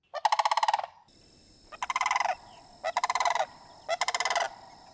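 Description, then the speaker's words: Sandhill Crane calls: four loud, rolling, rattled bursts, each under a second long. Migrating sandhill cranes. "Want to listen to a sound that I love hearing, the sound of the migrating sandhill crane."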